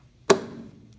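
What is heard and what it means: An oil filter element for a 2013 Mercedes ML350 is pushed the rest of the way into its plastic housing cap. A single loud, sharp snap is heard at 0.3 s with a short ringing tail, then only a faint tick near 0.9 s. The element is fully seated.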